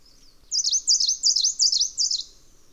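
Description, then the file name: Bird song: a quick, evenly paced series of several high, buzzy down-up notes. "obscuratus song"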